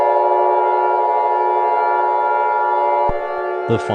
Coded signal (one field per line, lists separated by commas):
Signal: Emergency Alert System (SAME) tones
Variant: 853 and 960 Hz attention tone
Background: speech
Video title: (EAS Scenario #3) The Universe turns upside down - Remastered